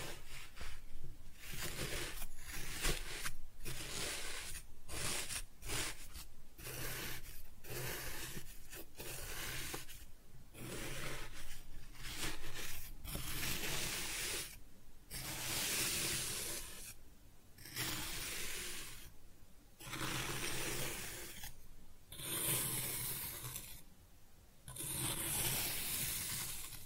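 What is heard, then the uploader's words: Kinetic sand being cut and scooped, a dense gritty hiss and crumbling rasp that runs in bursts. Short quiet gaps break it up every second or two, some longer pauses near the middle and end, with a faint low hum underneath. ASMR Kinetic Sand Cutting and Scooping Sounds (No Talking).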